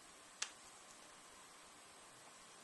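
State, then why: Not seated. Using the supplied key, someone pushes an interchangeable fiber-optic light pipe, green side in, back into the front sight housing of a HIVIZ front sight on a Ruger GP100 revolver. A single brief, sharp tick is heard at 0.4 s against a quiet background. Nothing has seated or snapped into place yet.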